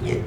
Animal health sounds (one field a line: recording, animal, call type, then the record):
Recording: contact call of a hoofed animal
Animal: pig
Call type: closed-mouth grunt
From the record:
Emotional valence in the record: positive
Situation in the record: food and toys in familiar pen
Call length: 0.27 s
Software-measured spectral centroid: 1790 Hz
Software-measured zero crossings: 1040 a second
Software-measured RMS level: -24 dBFS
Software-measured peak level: -8 dBFS